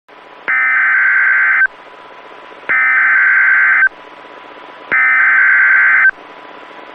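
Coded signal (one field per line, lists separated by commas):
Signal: Emergency Alert System (SAME) tones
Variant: header bursts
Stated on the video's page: Real Severe Thunderstorm Warning for Jackson, MS, recorded during a tornado outbreak.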